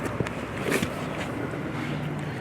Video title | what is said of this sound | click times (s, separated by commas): Installation Video for 2024-2025 Mustang w/o Perf. Package and w/o 401a CO-PILOT360 assist plus | in push it till it locks into place | 0.3 s